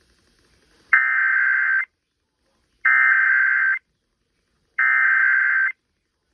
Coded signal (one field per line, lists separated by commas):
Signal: Emergency Alert System (SAME) tones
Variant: header bursts